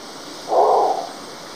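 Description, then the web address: Long-wattled umbrellabird giving a single low, hollow, moaning boom lasting about half a second over a steady background hiss. Ecuador. "Natures Songs S America Birds of Ecuador Long-wattled Umbrellabird"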